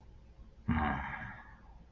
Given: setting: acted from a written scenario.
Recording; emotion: vocal sound without words; disappointment